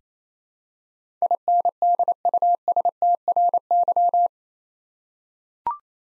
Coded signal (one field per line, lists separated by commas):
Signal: Morse code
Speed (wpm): 28 wpm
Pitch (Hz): 700 Hz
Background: none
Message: INDUSTRY